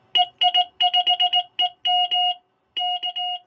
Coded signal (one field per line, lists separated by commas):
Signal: Morse code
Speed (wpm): 18 wpm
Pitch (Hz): 2900 Hz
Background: none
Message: EI5EM K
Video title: An RF-activated Relay Project for the QRP Labs 50W amplifier